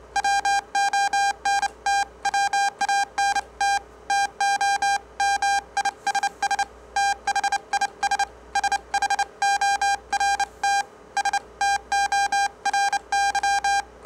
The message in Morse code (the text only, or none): WONT WANT TO MISS THIS SHORT STORY